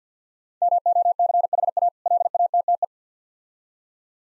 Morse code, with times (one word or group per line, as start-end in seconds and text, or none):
0.6-1.9 MOCHA
2.1-2.8 LATTE